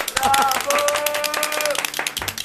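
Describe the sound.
Toy hand clappers, the show's official clappers, rattle in a fast, continuous burst of sharp, crackling claps for a couple of seconds, loud and steady, with a few high sustained tones and voices mixed in.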